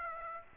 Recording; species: mosquito wingbeat signal from an infrared sensor; Aedes aegypti